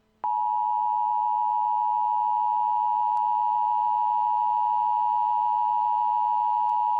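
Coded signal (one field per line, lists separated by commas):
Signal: Emergency Alert System (SAME) tones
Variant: 853 and 960 Hz attention tone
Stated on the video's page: Fictional EAS scenario made for fun; the SAME tones may or may not be valid, but are assumed valid.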